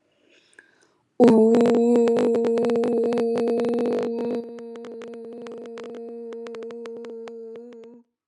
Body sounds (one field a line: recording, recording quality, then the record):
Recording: sustained vowel as in boot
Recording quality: excellent, no background noise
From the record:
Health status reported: healthy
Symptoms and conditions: asthma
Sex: female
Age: 40 years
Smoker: not ticked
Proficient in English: yes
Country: India